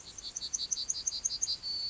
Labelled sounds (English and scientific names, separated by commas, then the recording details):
Yellowhammer (Emberiza citrinella) song
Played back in grassland
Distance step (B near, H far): E
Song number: 142